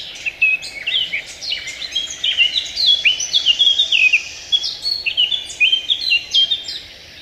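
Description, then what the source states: Eurasian blackcap singing a rich warbling song of quick, varied notes. A listener's requested favourite, played on the radio; its fluty closing notes are a good field mark; its song is compared with the garden warbler's, also a skilled singer.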